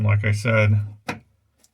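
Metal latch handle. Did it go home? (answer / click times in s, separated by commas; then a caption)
partly / 1.1 s. Someone talks, then the canopy latch handle on a Long-EZ homebuilt aircraft is pushed over center into its locked position, giving a click at 1.1 s and a faint tick at 1.6 s. The handle only passes over center passively without a firm snap, so it doesn't really lock.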